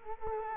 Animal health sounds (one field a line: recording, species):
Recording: mosquito wingbeat signal from an infrared sensor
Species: Culex quinquefasciatus